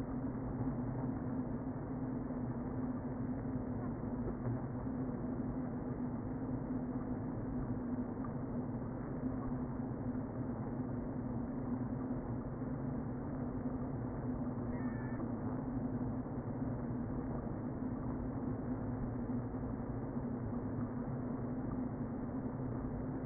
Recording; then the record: honeybee colony, microphone inside the hive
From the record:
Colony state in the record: queen present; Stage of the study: before two queens were removed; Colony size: about 60,000 bees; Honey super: yes